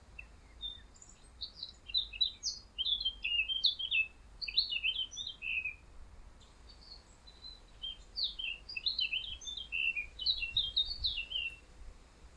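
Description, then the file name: Eurasian blackcap song: rich, fast warbled phrases of varied whistled and chattering notes, delivered in two long bursts with a brief pause between. "Sylvia atricapilla"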